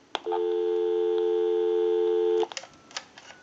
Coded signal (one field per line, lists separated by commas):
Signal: telephone call progress tone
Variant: North America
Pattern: dial tone